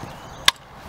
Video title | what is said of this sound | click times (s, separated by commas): Ebikie Electric Bike Review Charger Touring Blue Label Riese Mullar | it just clicks back in push | 0.5 s